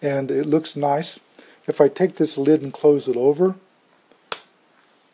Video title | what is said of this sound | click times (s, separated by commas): MoKo Amazon All New Kindle Fire HD 7 Case Review | you can hear it snapped down and lock into place | 4.3 s